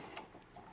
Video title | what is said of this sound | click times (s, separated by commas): How to Install Mark One Drift Trike Upgrades (Whip Light, Speaker, Underglow) | See how it's clicked down? | 0.2 s